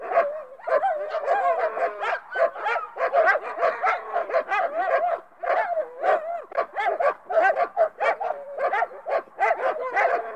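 Dogs barking and yelping together, a pack of overlapping high barks and whining yips.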